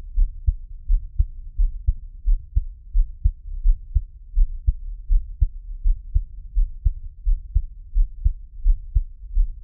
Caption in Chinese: 獻上我的心跳 | Give my Heartbeat | NO Talking。